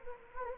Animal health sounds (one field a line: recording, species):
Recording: mosquito wingbeat signal from an infrared sensor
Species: Anopheles gambiae